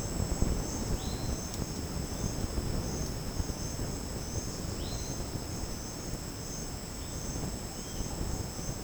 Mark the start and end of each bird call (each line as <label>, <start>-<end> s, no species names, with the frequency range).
bird call (2.7-4.6 kHz), 0.93-1.46 s
bird call (2.4-4.3 kHz), 4.71-5.10 s
bird call (2.4-3.6 kHz), 7.69-8.12 s